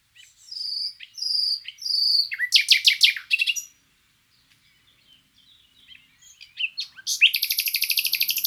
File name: Luscinia megarhynchos